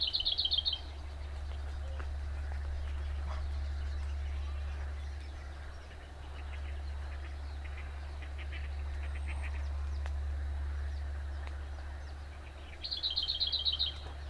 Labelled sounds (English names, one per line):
Lesser Whitethroat song